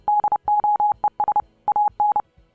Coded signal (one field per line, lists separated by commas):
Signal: Morse code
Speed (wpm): 30 wpm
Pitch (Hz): 840 Hz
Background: none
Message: DOES AN